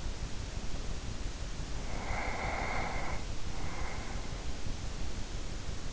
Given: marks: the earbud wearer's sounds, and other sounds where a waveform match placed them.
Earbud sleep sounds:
sounds in sleep by an in-ear microphone; breath
1.62-4.71 s: breath

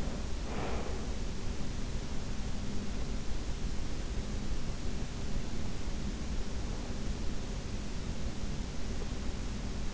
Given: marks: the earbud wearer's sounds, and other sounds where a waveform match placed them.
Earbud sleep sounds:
sounds in sleep by an in-ear microphone; breath
0.00-1.19 s: breath

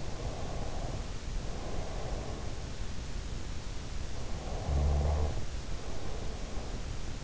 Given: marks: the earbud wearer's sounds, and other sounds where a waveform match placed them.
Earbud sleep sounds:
sounds in sleep by an in-ear microphone; breath, snoring breath
0.10-2.62 s: breath
4.36-7.24 s: snoring breath

